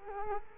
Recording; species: mosquito wingbeat signal from an infrared sensor; Culex quinquefasciatus